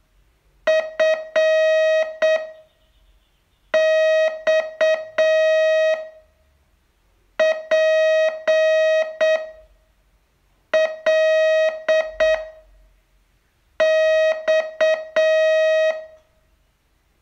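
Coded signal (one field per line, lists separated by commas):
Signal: Morse code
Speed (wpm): 8 wpm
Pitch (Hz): 630 Hz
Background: music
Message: F X P L X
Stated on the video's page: Day 29 of a 42-day Morse training course.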